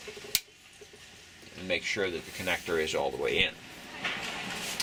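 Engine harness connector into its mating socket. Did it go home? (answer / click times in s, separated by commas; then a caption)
yes / 0.4 s. A self-locking engine harness wiring connector on a Viking Aircraft 130 engine is pushed back into its mating socket, giving a single sharp click at 0.4 s. The connector is seated, and someone then talks.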